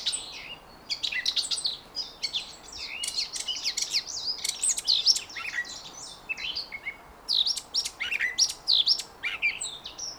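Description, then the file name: Eurasian blackcap singing a busy warble of mixed chattering and whistled notes, with a brief pause before a further phrase. "Sylvia atricapilla"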